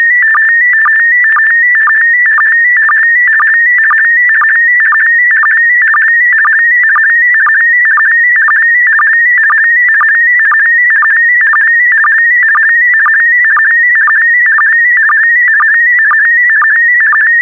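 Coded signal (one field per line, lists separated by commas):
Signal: SSTV (slow-scan television)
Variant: PD120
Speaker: Get ready. Starting transmission in 5, 4, 3, 2, 1. Transmission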